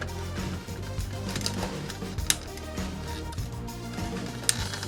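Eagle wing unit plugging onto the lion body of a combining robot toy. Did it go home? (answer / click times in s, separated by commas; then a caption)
partly / 2.3 s, 4.5 s. The eagle wing unit of a combining robot toy is pressed onto the lion body at four plastic connection points, with music playing underneath. Sharp, weak clicks sound at 2.3 s and 4.5 s as the pegs go on. The joints seat but give no solid click, so it is hard to feel whether the part is actually secure.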